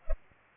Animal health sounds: mosquito wingbeat signal from an infrared sensor; Culex pipiens

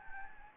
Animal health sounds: mosquito wingbeat signal from an infrared sensor; Anopheles gambiae

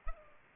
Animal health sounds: mosquito wingbeat signal from an infrared sensor; Aedes aegypti

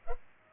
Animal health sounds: mosquito wingbeat signal from an infrared sensor; Culex pipiens

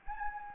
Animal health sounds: mosquito wingbeat signal from an infrared sensor; Anopheles gambiae

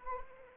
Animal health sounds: mosquito wingbeat signal from an infrared sensor; Anopheles arabiensis

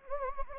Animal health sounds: mosquito wingbeat signal from an infrared sensor; Anopheles gambiae

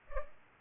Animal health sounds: mosquito wingbeat signal from an infrared sensor; Culex pipiens

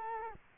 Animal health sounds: mosquito wingbeat signal from an infrared sensor; Culex quinquefasciatus

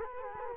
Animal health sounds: mosquito wingbeat signal from an infrared sensor; Culex quinquefasciatus

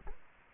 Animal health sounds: mosquito wingbeat signal from an infrared sensor; Culex quinquefasciatus

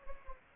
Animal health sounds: mosquito wingbeat signal from an infrared sensor; Anopheles gambiae

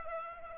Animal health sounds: mosquito wingbeat signal from an infrared sensor; Aedes aegypti

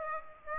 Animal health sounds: mosquito wingbeat signal from an infrared sensor; Aedes aegypti

